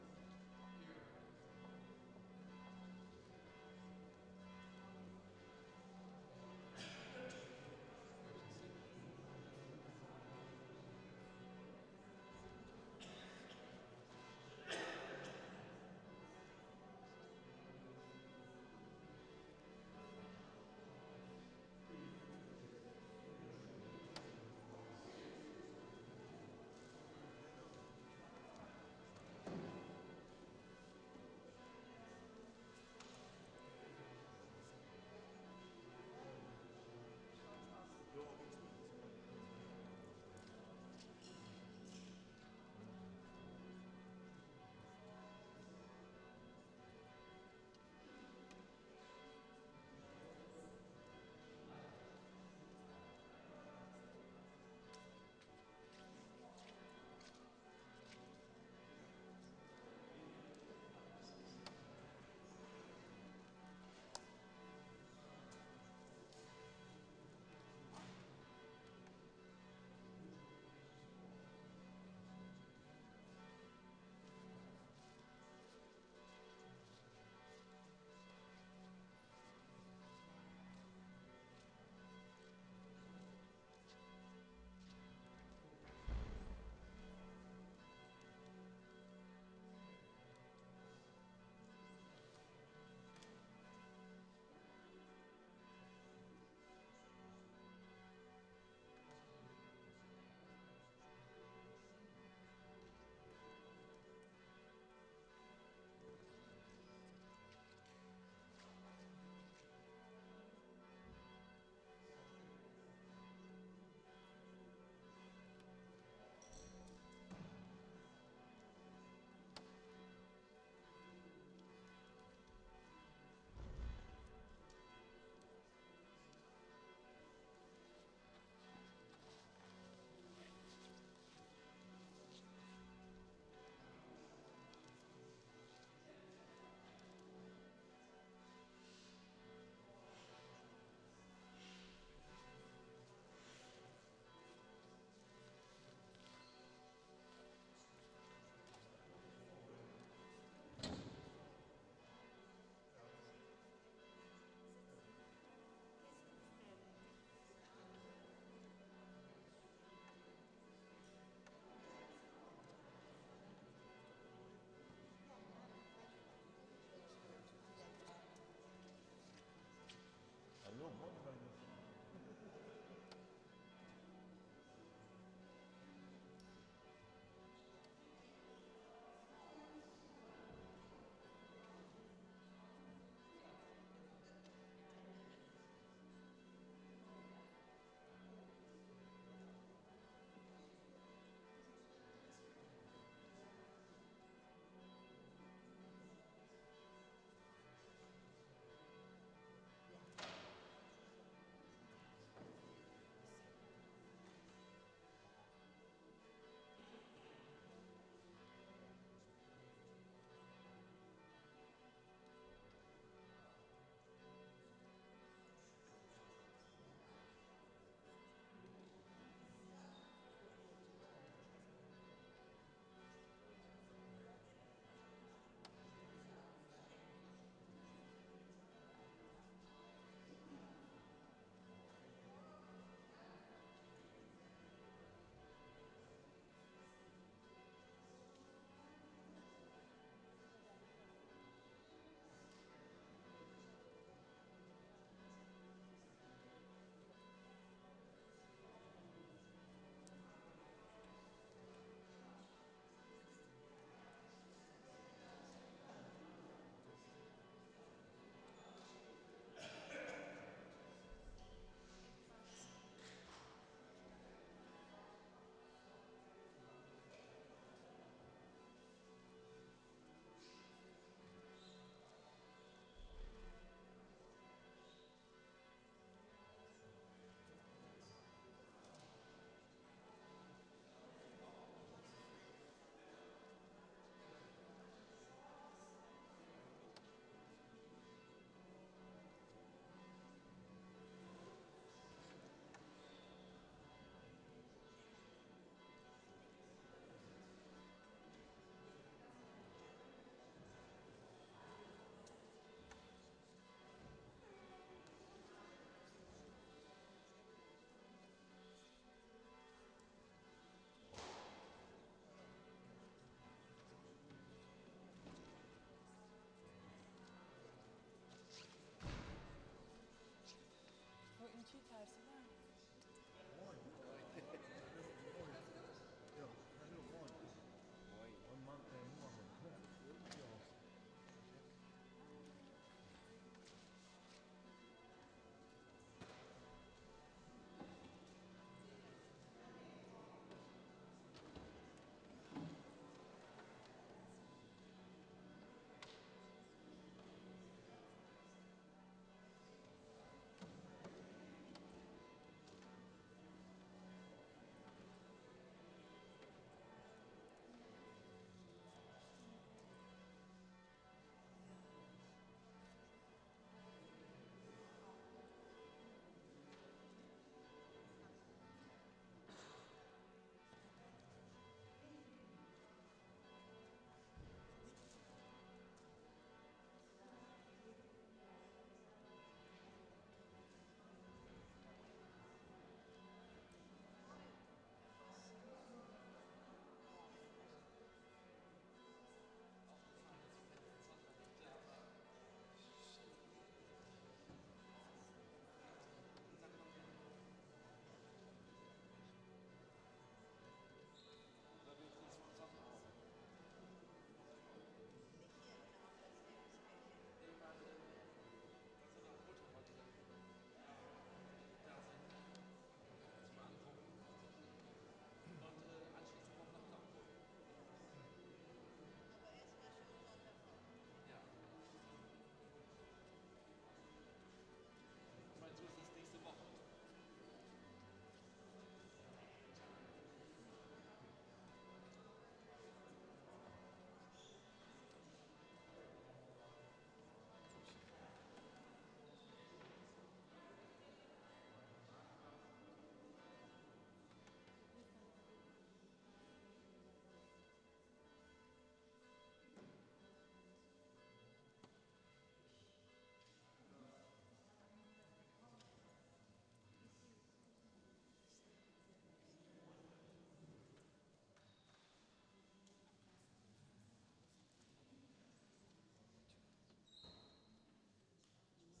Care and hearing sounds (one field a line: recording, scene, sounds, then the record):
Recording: everyday scene through a hearing-aid microphone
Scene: reverberant space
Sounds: bell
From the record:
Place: church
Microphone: in the ear canal, left